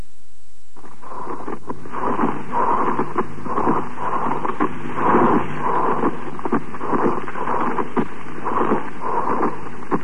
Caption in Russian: Другой вариант шума трения плевры. Шум трения. Плевры может выслушиваться при воспалении плевральных листков, сухой плеврит, отложении на них кристаллов мочевины, приуремии, а также при туберкулезном и раковом поражении этого отдела бронхолегочной системы.